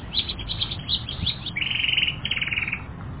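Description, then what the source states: Canary song moving from separate sharp chirps into a fast, buzzy trill of rapidly repeated notes, then another rolling trill. Several canaries.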